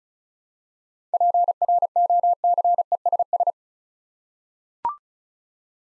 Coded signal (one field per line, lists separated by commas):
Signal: Morse code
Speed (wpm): 36 wpm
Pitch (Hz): 700 Hz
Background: none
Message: PROCESS